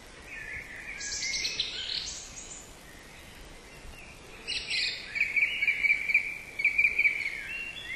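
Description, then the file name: Thrush delivering high, thin phrases at first, then rapid repeated short chirping notes in tight clusters, against constant background hiss. "drozd"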